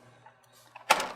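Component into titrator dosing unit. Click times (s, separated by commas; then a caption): 0.9 s. A component is clicked into the dosing unit of an SI Analytics TitroLine 7000 potentiometric titrator. After a quiet stretch with a couple of faint ticks, a sharp, bright click at 0.9 s rings out with a short broadband decay. The part is seated in place.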